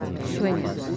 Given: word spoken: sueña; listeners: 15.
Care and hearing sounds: one Spanish word in noise, from a listening test; eight-talker babble; 0.2 dB; 0 of 15; 8 of 15; 0.57 s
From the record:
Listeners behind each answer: 8, 5, 1, 1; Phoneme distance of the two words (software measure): 17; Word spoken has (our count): 2 syllables, 5 phonemes, stress on syllable 1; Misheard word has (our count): 2 syllables, 6 phonemes, stress on syllable 1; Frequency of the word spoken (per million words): 7.00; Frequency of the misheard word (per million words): 0.08

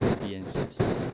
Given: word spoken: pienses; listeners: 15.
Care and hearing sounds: one Spanish word in noise, from a listening test; noise modulated by one talker; -9.9 dB; 3 of 15; 12 of 15; 0.73 s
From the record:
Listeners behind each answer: 12, 3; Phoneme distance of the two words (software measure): 10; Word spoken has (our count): 2 syllables, 7 phonemes, stress on syllable 1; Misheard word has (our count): 2 syllables, 7 phonemes, stress on syllable 1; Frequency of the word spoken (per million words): 2.46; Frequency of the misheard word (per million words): 8.94

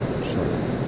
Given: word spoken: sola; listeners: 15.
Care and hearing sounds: one Spanish word in noise, from a listening test; speech-shaped noise; -5.1 dB; 1 of 15; 8 of 15; 0.48 s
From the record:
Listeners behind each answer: 8, 2, 1, 1, 1, 1, 1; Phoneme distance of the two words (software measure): 10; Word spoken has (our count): 2 syllables, 4 phonemes, stress on syllable 1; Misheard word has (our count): 2 syllables, 4 phonemes, stress on syllable 1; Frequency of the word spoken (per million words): 113.80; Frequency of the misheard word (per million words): 209.82

